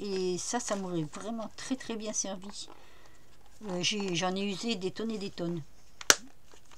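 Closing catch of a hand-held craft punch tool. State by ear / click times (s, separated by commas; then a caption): seated / 6.1 s. Someone talks, then the closing catch of a hand-held craft punch tool snaps shut with a single sharp, loud clack at 6.1 s. The punch closes well.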